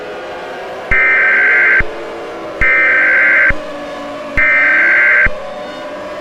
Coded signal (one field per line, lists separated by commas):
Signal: Emergency Alert System (SAME) tones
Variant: header bursts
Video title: Eas Scenario:2020 Cancelled (REMASTERED READ DESC)